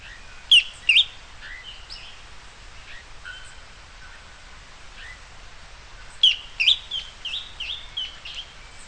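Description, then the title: Bird song: loud high chirps and slurred whistles near the start, fainter scattered notes, then another phrase after six seconds, over a steady soft hiss. "LuckyPassaro Completos2Sama"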